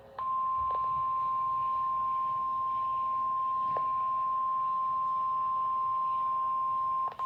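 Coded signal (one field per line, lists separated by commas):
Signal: Emergency Alert System (SAME) tones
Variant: 1050 Hz attention tone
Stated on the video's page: Severe thunderstorm warning from the National Weather Service Houston/Galveston.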